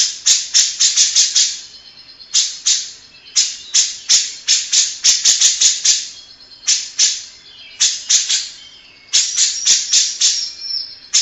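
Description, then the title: Grey-cheeked bulbul uttering bursts of rasping, buzzy notes in rapid clusters separated by brief gaps, with a faint thin whistle between some bursts. Long-duration masteran tutor recording for training captive birds. "Cucak Jenggot Masteran"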